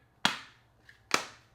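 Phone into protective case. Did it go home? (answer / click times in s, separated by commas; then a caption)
yes / 0.2 s, 1.1 s. A natural titanium iPhone 16 Pro Max is pressed into a Spigen Ultra Hybrid Neo One hard plastic and TPU protective case. Two sharp, bright clicks are heard at 0.2 s and 1.1 s, with a faint tick between them. The phone seats in the case with a very stiff click and a snug fit.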